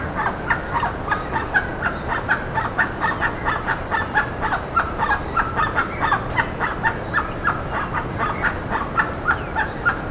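Bird calling continuously, a steady rattle of short harsh notes, roughly four per second.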